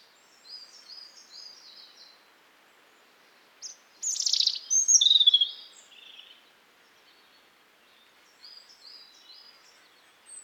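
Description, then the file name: European robin song, mostly soft high twitters with one loud, tangled burst of shrill notes in the middle. "Erithacus rubecula"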